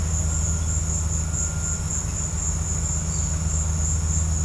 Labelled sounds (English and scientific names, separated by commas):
none